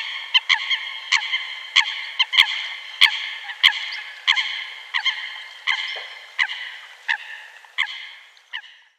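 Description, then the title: Eurasian coot uttering a steady series of abrupt nasal notes, fading slightly toward the end. "Sylvain Jaskowiak - Mes piafs. Foulques macroule"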